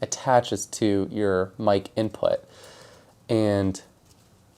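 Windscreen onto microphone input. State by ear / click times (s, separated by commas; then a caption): not seated / none. A windscreen is being pushed into place on the microphone input of a Hollyland Lark 150 Duo while someone talks, with only faint handling sounds between the phrases. Nothing has seated or clicked yet.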